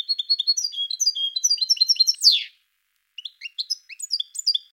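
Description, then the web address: European goldfinch singing a rapid run of tinkling, chattering notes that ends in a buzzy falling rasp, then after a pause resumes with scattered sharp twitters. "~joaopt canarios racas canto Jilguero"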